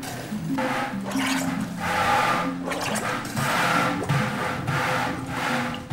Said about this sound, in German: kommt mit seinen 60 Jahren ins Keuchen, als er Wasser in eine Plastikwanne pumpt.